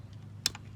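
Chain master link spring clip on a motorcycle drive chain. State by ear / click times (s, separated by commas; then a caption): seated / 0.5 s. The spring clip of a master link on an RM250 dirt bike's drive chain is pressed over the link pins, and it snaps into place with a sharp, bright click at 0.5 s, followed by a softer tick at 0.5 s. A faint tick is heard at 0.1 s against a low background hum. The clip is seated on the chain.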